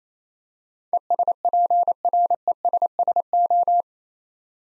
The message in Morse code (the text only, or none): ESPRESSO